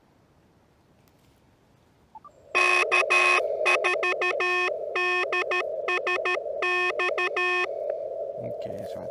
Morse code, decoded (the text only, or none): K4DSX